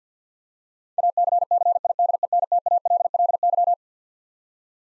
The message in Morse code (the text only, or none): ACCIDENTALLY